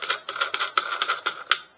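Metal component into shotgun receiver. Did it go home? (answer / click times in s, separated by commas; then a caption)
yes / 1.5 s. A metal component is put back onto the receiver of a Tokarev TAR12 shotgun during reassembly after a step-by-step takedown. A quick run of sharp, light metallic ticks and taps is heard, ending in the loudest, crisp click at 1.5 s as the component drops right into place and seats.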